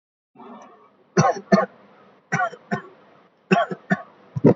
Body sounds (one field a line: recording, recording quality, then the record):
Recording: shallow voluntary cough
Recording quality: excellent, no background noise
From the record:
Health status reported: COVID-19 positive, moderate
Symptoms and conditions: sore throat, fever, fatigue, muscle pain, loss of smell and taste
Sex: male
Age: 25 years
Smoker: not ticked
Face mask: not worn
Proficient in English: no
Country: India